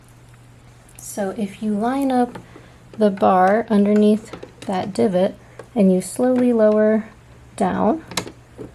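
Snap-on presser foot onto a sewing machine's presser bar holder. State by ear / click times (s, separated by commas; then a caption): not seated / none. A snap-on presser foot is being fitted to a sewing machine: its bar is lined up under the divot on the metal presser bar holder and the lever is slowly lowered, while someone talks. A few faint handling taps come near the start, but nothing has seated or clicked yet.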